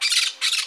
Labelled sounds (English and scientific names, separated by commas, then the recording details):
Brown-throated Parakeet (Eupsittula pertinax) contact call
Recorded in Margarita
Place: San Francisco, near stadium
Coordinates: 11.018, -64.294